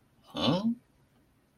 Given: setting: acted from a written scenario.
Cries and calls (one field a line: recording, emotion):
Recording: vocal sound without words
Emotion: confusion